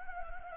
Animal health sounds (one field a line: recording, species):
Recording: mosquito wingbeat signal from an infrared sensor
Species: Anopheles gambiae